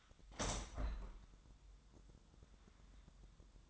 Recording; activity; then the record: daily activity, microphone in the room; open window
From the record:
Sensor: 3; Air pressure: 1004.6 hPa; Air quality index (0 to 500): 78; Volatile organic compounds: 2 ppm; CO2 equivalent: 1181 ppm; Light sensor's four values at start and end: 6/14/5/5 and 6/14/5/5